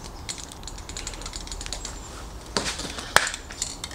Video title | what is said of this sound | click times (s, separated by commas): Krylon Snap And Spray Can Gadget Attachment Spray Paint Can Clever Tool Review | this clicks into place | 3.2 s